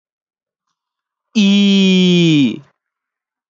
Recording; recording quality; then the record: sustained vowel as in beet; excellent, no background noise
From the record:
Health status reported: exposed to COVID-19, no respiratory illness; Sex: male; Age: 21 years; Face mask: not worn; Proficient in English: yes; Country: India